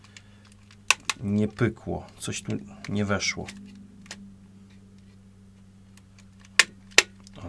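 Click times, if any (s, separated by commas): 6.6 s, 7.0 s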